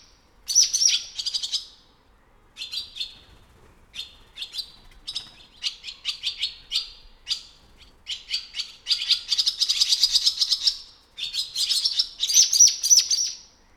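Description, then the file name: Swallows twittering in bursts of rapid, high chirps and short warbled phrases, with brief silent gaps between runs and a busier stretch near the end. Recorded 3 March 2007. "20070303 Swallows"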